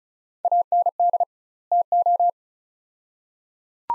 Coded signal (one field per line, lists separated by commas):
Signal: Morse code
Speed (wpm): 34 wpm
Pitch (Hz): 700 Hz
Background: none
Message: AND TO